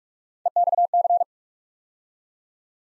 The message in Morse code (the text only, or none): EXC